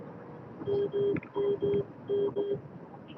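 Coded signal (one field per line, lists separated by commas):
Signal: none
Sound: car warning chimes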